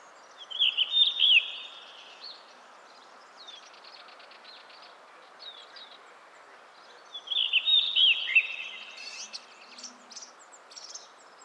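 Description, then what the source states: Bird song with two bursts of fast, twittering warble several seconds apart and faint scattered chirps between them, all over a steady hiss. Recorded in 2010.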